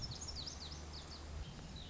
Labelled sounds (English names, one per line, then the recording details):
Lazuli Bunting
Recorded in Sonoma County, California